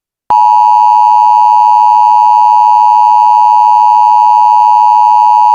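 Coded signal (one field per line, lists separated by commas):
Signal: Emergency Alert System (SAME) tones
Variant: 853 and 960 Hz attention tone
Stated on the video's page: Fictional EAS scenario.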